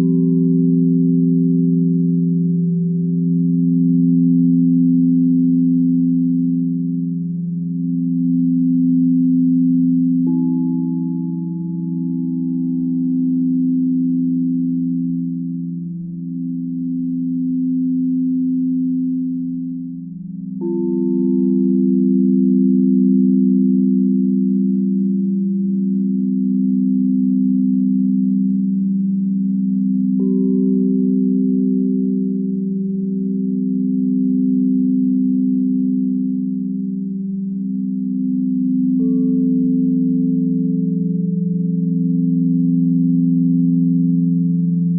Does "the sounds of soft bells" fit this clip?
yes